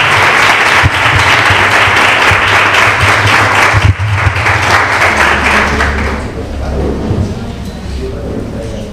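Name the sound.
audience applause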